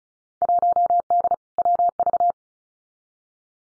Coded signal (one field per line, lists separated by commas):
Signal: Morse code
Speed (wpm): 36 wpm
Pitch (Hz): 700 Hz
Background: none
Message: 1D WV